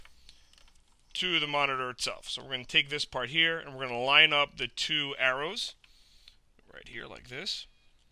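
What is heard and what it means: A wiring harness plug for a rear-view mirror monitor is handled and its two arrows are lined up with the monitor's connector while someone talks, with a few faint handling taps near the start and around 6.3 s and 6.6 s. The plug has not been pushed home, and nothing has seated or clicked yet.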